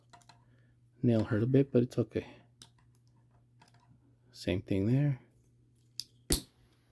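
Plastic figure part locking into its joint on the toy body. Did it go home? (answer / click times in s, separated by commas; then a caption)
yes / 6.3 s. Someone talks while transforming a plastic Transformers Headmaster Weirdwolf action figure, pushing a plastic part into its joint on the toy body. A sharp tick comes at 6.0 s, then a loud click at 6.3 s as the part locks into place, leaving the part seated.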